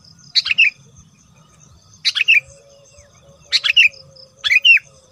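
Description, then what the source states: Lovebird chirps, four short bursts of two or three sharp, high notes spaced over about five seconds, with a faint low hum beneath. Lure sound (pikat) used to attract lovebirds for trapping.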